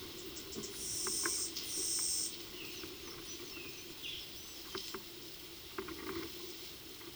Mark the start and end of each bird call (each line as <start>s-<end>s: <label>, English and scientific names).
0.14s-2.31s: Yellow-browed Sparrow (Ammodramus aurifrons)
2.52s-4.25s: Violaceous Jay (Cyanocorax violaceus)